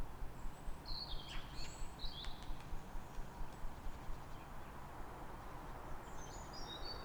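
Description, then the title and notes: Birds singing in brief high chirps and short whistled phrases, with a pause before more twittering near the end, over a steady low roar of traffic. Calm morning on 3 May in Fresnes, Ile de France, with several birds and ring-road traffic in the background. "Matin calme avec oiseaux. Fresnes, Ile de France. Mathias Arrignon"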